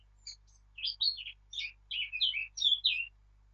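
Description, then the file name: Eurasian blackcap song: a brief soft start, then a fast run of rich, fluty warbled notes. "Sylvia atricapilla"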